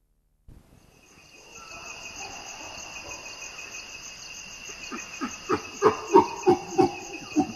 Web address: common chimpanzee